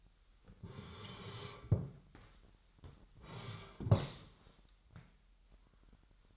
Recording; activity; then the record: daily activity, microphone in the room; sit down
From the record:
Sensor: 3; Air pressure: 998.5 hPa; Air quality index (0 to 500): 127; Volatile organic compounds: 3 ppm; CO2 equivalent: 1518 ppm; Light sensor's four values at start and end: 9/20/9/10 and 8/18/7/8